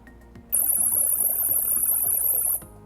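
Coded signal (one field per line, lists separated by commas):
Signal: data over sound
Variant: Unet audio acoustic modem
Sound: a two-second burst of high-pitched hiss with abrupt start and stop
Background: background room noise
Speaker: You can do the exact same thing that we did earlier with simulated nodes by typing, "tell 0, 'hello'" and press Enter. And thats the transmission, that you will hear.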